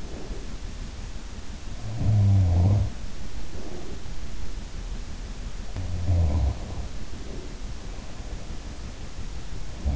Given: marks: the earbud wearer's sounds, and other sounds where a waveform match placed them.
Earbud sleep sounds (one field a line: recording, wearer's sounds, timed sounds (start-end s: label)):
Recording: sounds in sleep by an in-ear microphone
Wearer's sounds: breath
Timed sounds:
0.00-0.90 s: breath
1.71-4.17 s: sound from someone else or the room
5.72-8.05 s: sound from someone else or the room